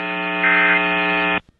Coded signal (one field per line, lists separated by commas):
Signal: Emergency Alert System (SAME) tones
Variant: end-of-message bursts